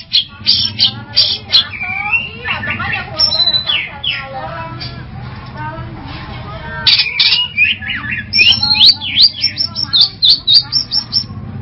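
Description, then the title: Long-tailed Shrike song: a busy medley of squeaky, whistled and harsh notes, ending in a quick chattering trill, with a faint low hum. "Audio Cendet Pentet"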